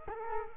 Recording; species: mosquito wingbeat signal from an infrared sensor; Culex quinquefasciatus